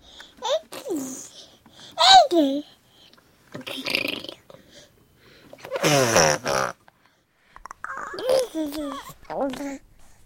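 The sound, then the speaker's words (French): A baby babbles in wordless bursts, with high, sliding pitch contours, squeals and breathy coos separated by short pauses, plus a noisy sneeze-like burst in the middle. “Et finalement, la prosodie dans la langue parlée finalement est en totale continuité avec la prosodie de ce que fait le bébé sans les mots.”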